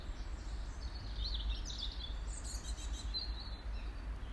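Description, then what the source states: Birds singing at dawn, a few high wavering twittered phrases over steady low background rumble. Dawn chorus recorded at Avon.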